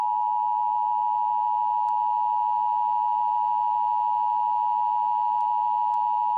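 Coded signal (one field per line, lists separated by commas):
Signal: Emergency Alert System (SAME) tones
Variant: 853 and 960 Hz attention tone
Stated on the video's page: Simulated recreation of a winter storm warning as it may have been broadcast over the Emergency Alert System.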